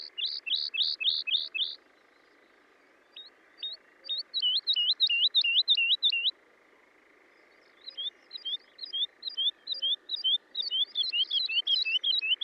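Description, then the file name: Woodlark song with a quick run of repeated notes, then longer phrases of looping liquid whistles separated by brief pauses, over a faint steady hum. "British Library - ZHavoronok Lesnoj (Zvyki com)"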